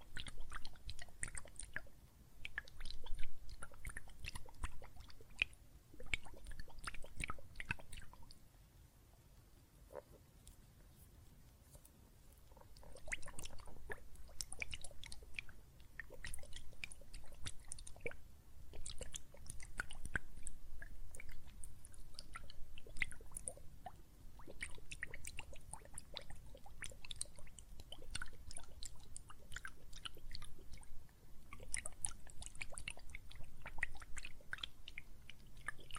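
Water and soap foam make a dense, crackling fizz of tiny wet pops and squishes that continues throughout, with a steady low rumble underneath. Around ten to thirteen seconds the sound drops nearly to silence before the bubbling returns.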